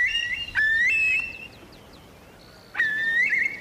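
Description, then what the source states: Eurasian curlew giving clear whistled calls, a sustained fluting phrase over the first second, a pause, then a similar whistled phrase starting again near the end. Wild bird on a bog in Kildare, described as one of the last curlews there and said to be a female sitting on eggs.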